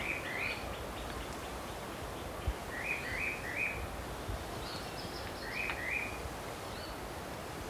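White-winged robin calls, short clear notes in small clusters, repeated several times over steady background hiss and low rumbling noise.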